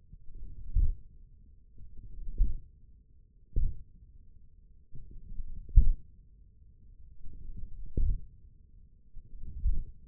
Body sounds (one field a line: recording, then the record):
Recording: forearm muscle sounds (acoustic myography)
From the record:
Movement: hook grip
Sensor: system 1, eight BSWA MPA416 microphones around the upper forearm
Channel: 3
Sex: male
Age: 28 years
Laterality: right